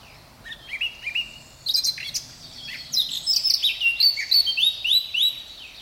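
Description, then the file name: Eurasian blackcap giving a warbling song of quick scratchy notes that build into loud clear fluty whistles. "Sylvia atricapilla"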